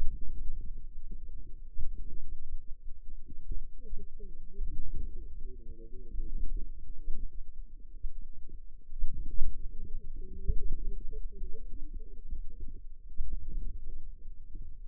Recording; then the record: forearm muscle sounds (acoustic myography)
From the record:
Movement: outward rotation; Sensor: system 2, bracelet of six BSWA MPA416 microphones around the upper forearm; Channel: 2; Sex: female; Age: 21 years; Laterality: right